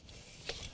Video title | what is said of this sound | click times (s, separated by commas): Watch This Before Buying Decked Truck Tool Box | are going to lock into place you can hear them lock right there | 0.5 s